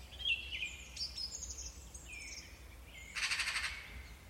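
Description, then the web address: Bird calls: thin whistled notes sliding high and low over the first three seconds, then a short harsh buzzy burst, with a low steady background rumble. "cianscape birddata Deverinetal 2025"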